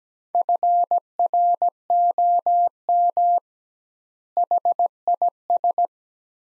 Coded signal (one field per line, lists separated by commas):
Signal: Morse code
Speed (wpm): 17 wpm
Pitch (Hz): 700 Hz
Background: none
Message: FROM HIS